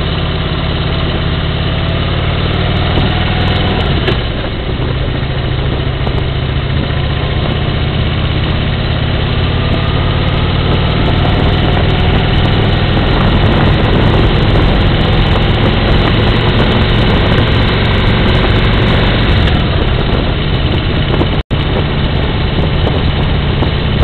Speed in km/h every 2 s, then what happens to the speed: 28, 28, 28, 26, 27, 28, 29, 38, 42, 51, 49, 47.
0-13 steady at about 28. 13-18 speeds up to 51. 18-24 steady at about 49.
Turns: none.